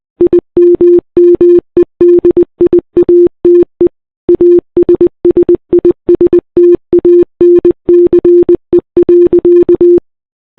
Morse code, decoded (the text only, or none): IMMEDIATE ASSISTANCE.